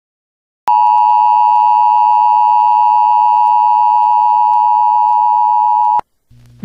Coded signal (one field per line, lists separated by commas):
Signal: Emergency Alert System (SAME) tones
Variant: 853 and 960 Hz attention tone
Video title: SEVERE THUNDERSTORM EAS COMPILATION MIRANDO CITY OILTON LAREDO TX JUN 3 2023 (EAS #87-95)